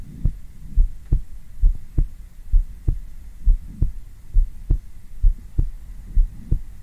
Heart sounds/Heartbeats.